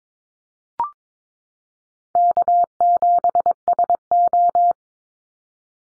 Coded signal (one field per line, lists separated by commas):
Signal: Morse code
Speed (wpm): 22 wpm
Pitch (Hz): 700 Hz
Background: none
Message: K7SO